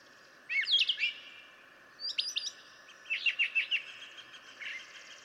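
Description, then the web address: Brown Thrasher song, several separate clusters of sharp, varied notes with short gaps between them. "birdsongforthecurious Brown Thrasher"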